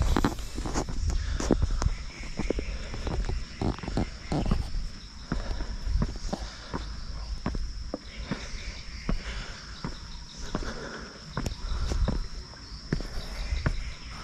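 A sunrise walk through mountain forest: a steady high insect drone runs throughout, broken by frequent irregular thumps and sharp clicks like footsteps.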